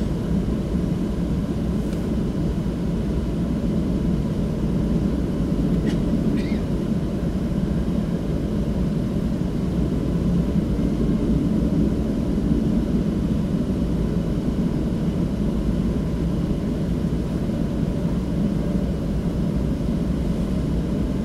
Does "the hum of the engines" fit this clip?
yes